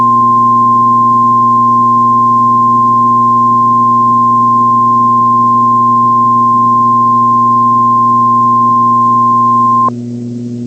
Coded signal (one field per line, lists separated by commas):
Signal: Emergency Alert System (SAME) tones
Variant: 1050 Hz attention tone